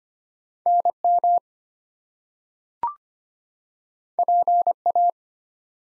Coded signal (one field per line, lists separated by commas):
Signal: Morse code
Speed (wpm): 25 wpm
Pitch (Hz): 700 Hz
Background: none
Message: NM PA